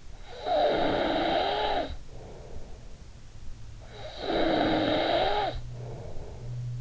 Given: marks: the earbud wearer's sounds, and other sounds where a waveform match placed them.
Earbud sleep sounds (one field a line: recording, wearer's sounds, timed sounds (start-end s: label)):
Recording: sounds in sleep by an in-ear microphone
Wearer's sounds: snoring breath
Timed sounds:
0.22-2.84 s: snoring breath
3.47-6.81 s: snoring breath